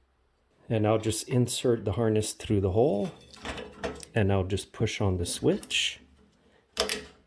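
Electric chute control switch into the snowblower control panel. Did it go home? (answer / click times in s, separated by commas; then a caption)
yes / 6.8 s, 6.9 s. Someone talks as an electric chute control rocker switch on a Craftsman snowblower is pushed by hand, without much force, into its mounting hole in the plastic control panel. Two sharp clicks at 6.8 and 6.9 seconds signal the switch seating and locking into the panel.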